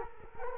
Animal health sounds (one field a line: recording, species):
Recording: mosquito wingbeat signal from an infrared sensor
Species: Culex quinquefasciatus